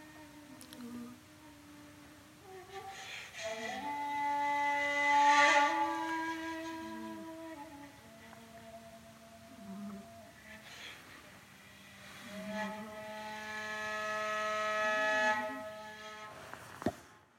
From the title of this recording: Kitty Snoring & Shakuhachi